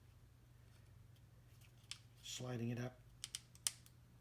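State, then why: Seated. A cleaned bank of window/console switches is slid up into its opening in the wood veneer center console trim piece of a BMW E46. Someone talks, a few small clicks and ticks are heard, and then a sharp snap at 3.7 s as the plastic clips engage. The switch bank is seated in the trim.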